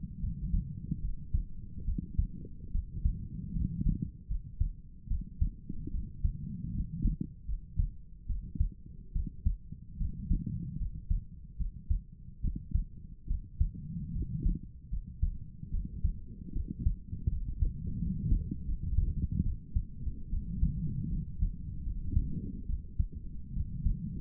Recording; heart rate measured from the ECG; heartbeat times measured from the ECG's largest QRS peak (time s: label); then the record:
heart sounds by stethoscope; 75 bpm
0.21 s: heartbeat
1.02 s: heartbeat
1.86 s: heartbeat
2.72 s: heartbeat
3.54 s: heartbeat
4.28 s: heartbeat
5.09 s: heartbeat
5.92 s: heartbeat
6.73 s: heartbeat
7.47 s: heartbeat
8.27 s: heartbeat
9.13 s: heartbeat
9.98 s: heartbeat
10.79 s: heartbeat
11.58 s: heartbeat
12.42 s: heartbeat
13.28 s: heartbeat
14.14 s: heartbeat
14.91 s: heartbeat
15.72 s: heartbeat
16.54 s: heartbeat
17.30 s: heartbeat
18.00 s: heartbeat
18.66 s: heartbeat
19.44 s: heartbeat
20.31 s: heartbeat
21.11 s: heartbeat
21.84 s: heartbeat
22.67 s: heartbeat
23.54 s: heartbeat
From the record:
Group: healthy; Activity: cold pressor test 0-21 s, rest 21-24 s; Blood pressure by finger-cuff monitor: 114/54 mmHg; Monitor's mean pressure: 75 mmHg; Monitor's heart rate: 73 bpm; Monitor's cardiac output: 7.6 L/min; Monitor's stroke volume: 104 mL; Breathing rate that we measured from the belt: 18 breaths a minute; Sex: female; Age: 22 years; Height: 160 cm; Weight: 63 kg